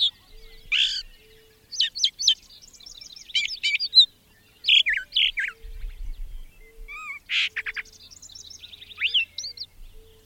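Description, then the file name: Brown thrasher delivering a long varied song: chirps, rattles, slurred whistles and buzzy trills follow one another in quick phrases with brief pauses. "suara-kicauan-brown-thraser omkicau"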